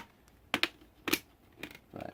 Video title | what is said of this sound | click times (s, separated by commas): How to replace laptop screen (Lenovo Y40-80, all models) | you just pull it all the way around a couple of snaps and | 0.5 s, 0.6 s, 1.1 s